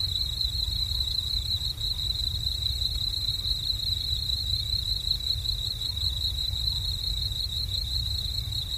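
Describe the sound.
Cricket chirping in a steady, high, rapidly pulsed trill that continues without a break, over a constant low rumble.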